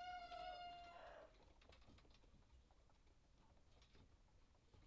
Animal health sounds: poultry house recording; healthy chickens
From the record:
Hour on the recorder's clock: 1

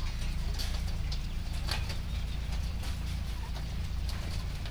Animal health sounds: poultry house recording; sick chickens (respiratory disease)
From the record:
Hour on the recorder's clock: 3

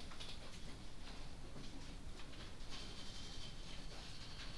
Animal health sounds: poultry house recording; no chicken sound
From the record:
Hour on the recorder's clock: 20

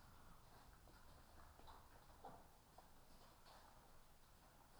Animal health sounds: poultry house recording; healthy chickens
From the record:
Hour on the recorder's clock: 14

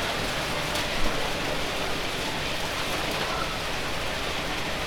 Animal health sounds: poultry house recording; healthy chickens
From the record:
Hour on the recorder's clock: 8

